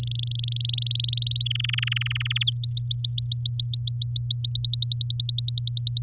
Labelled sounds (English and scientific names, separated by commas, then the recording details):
Domestic Canary (Serinus canaria) song
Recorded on 8 May 2018 at 11:03
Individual llb16